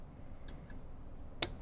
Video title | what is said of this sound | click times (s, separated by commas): 2024+ Toyota Land Cruiser Audison 13 Speaker Plug & Play Bundle Install | There we go. Snapped right into place. | 1.4 s